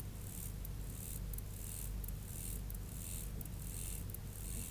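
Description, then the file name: Mottled grasshopper song: short, hissing buzzy bursts repeated roughly every two-thirds of a second, fairly soft over a low background rumble. "Myrmeleotettix maculatus"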